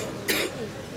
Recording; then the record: coughing mixed with background sound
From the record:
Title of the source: 60 coughing still (deep and wet cough)